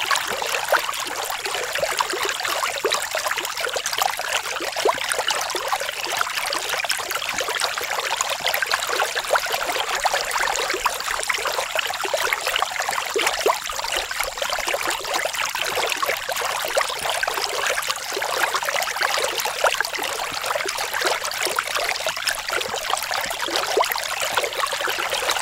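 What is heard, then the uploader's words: A creek flows steadily over rocks, a dense, even rush of water that holds the same level throughout. The sound sits mostly in the bright, hissing range with many tiny splashes and trickles, and very little low rumble beneath it. Creek in the Forest: Serene Sounds of Nature for Deep Relaxation. The soothing sounds of a gentle creek flowing through a peaceful forest. The tranquil sounds of water flowing over rocks.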